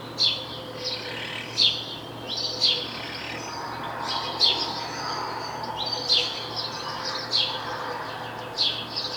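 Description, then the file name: House sparrow chirping, harsh repeated chirps with a faint low hum beneath. "Passer domesticus"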